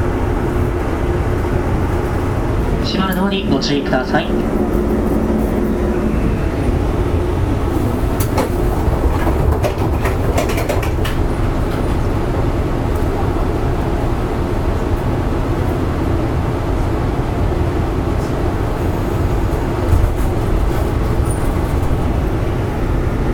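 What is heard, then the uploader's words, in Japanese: Running sound recorded aboard a 415-series local train on the Nippō Line: a steady, dense low rumble and drone that holds level throughout. Around three to four seconds a brief high squeal rises and falls, and faint clicks and rattles appear near ten and twenty seconds. JR九州の415系の走行音です。日豊線の普通電車にて収録。区間は、大分から別府までです。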